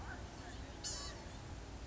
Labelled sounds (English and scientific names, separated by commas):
Blue-gray Gnatcatcher (Polioptila caerulea)